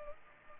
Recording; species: mosquito wingbeat signal from an infrared sensor; Culex pipiens